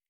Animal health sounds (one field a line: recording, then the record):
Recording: hydrophone in a shrimp aquaculture tank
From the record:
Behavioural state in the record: feeding